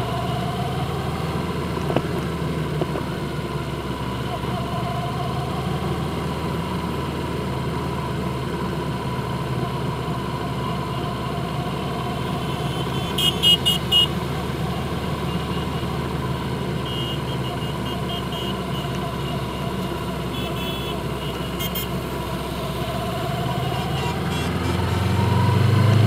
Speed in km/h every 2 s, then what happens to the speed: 23, 21, 24, 23, 21, 23, 23, 21, 21, 19, 19, 26, 34.
0-20 steady at about 21. 20-26 speeds up to 34.